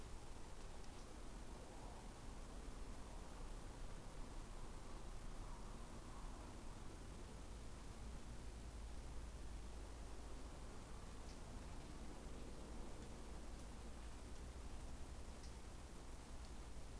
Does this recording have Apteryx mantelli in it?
no